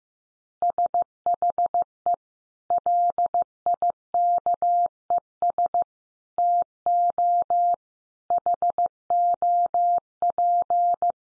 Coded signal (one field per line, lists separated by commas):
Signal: Morse code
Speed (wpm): 15 wpm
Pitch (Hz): 700 Hz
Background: none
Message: SHE LIKES TO HOP